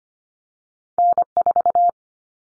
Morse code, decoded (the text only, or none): N4